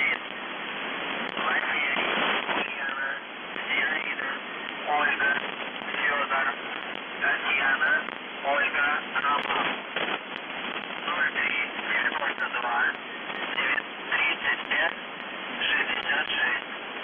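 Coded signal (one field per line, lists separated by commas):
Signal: numbers station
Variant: UVB-76, Russian voice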